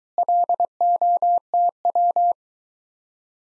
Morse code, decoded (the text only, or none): LOTW